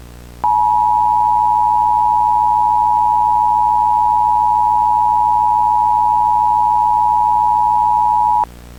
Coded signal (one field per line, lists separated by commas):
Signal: Emergency Alert System (SAME) tones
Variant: 853 and 960 Hz attention tone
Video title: EAS Mock: The Los Angeles Shooter